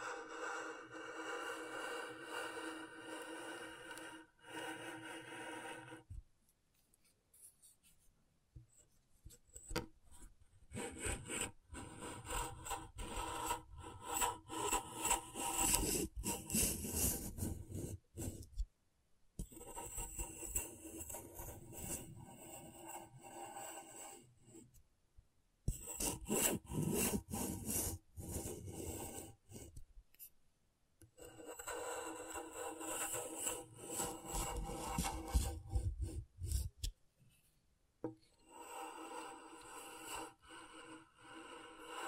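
Scratchboard being worked with a tool, a dry raspy scratching that comes in long bursts, bright and gritty with some low rubbing beneath. Short silent pauses break it up around 6, 19, 25, 31 and 37 seconds before the scraping resumes.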